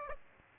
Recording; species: mosquito wingbeat signal from an infrared sensor; Aedes aegypti